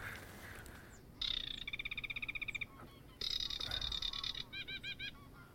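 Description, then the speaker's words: Reed bunting begging calls: long runs of rapid repeated high notes, then a short series of separate chirps. Begging birds in tall reeds calling 'cheap, cheap', said to sound almost like a grasshopper warbler; migration season. "Wat is dat? Cheap, cheap, dat zijn bedelende rietgorsen die bijna oh. klinken als een graszanger. Ja."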